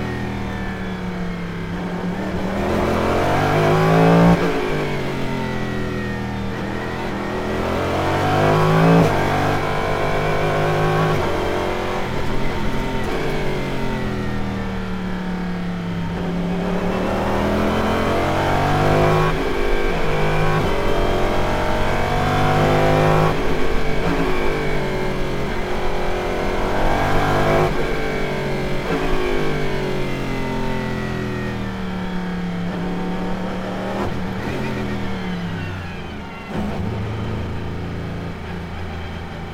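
Engine noise recorded from inside a car at a racetrack, rising and falling in pitch as the driver accelerates and shifts repeatedly, roughly every four to five seconds. The sound is dense and loud throughout, with a deep rumble under whining upper tones.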